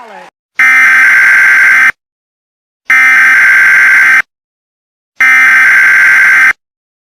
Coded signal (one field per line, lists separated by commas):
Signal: Emergency Alert System (SAME) tones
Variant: header bursts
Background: speech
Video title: EAS SCENARIO•Blood Cats V:A FALLEN NATION